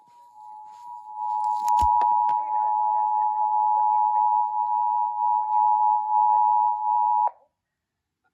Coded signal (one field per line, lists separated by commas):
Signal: Emergency Alert System (SAME) tones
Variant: 853 and 960 Hz attention tone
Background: speech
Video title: Eas #190 severe thunderstorm warning and tv